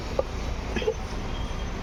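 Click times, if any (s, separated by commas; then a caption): none. During a half-engine rebuild on a TVS XL100 Heavy Duty motorcycle, a metal retaining clip, likely a circlip on the piston pin, is being handled and pressed toward its groove in the engine part. A brief sharp tick sounds at 0.2 s and faint light clinks follow around 0.8–0.9 s over a steady low background hum. Nothing has seated or clicked into place yet.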